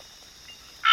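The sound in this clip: Fornasini's snouted treefrog giving one short, buzzy, harsh note near the end after a quiet start, with a faint steady high hiss throughout.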